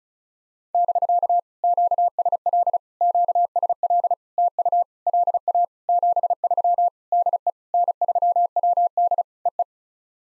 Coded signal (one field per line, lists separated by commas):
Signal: Morse code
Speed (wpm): 33 wpm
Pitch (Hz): 700 Hz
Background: none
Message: <BK> QSL QSL TU LA 73 DE N3WD EE